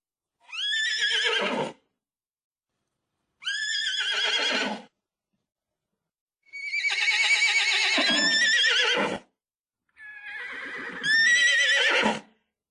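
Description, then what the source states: Horse neighing: four loud, shaky whinnies, each lasting one to three seconds with quiet gaps between, the later ones longer and fuller. Gelding (castrated male horse).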